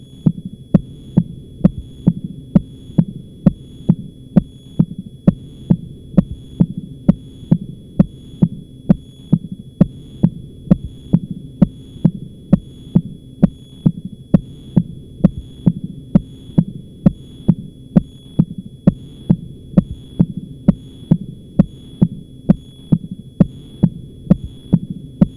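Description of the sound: Sharp, crisp, metallic clicks repeat in a steady, regular rhythm over a low, murmur-free thudding background, with a faint constant hum. These loud prosthetic clicks are the sounds of a Starr-Edwards caged-ball mechanical heart valve, the sound of a stiff valve, heard in an adult.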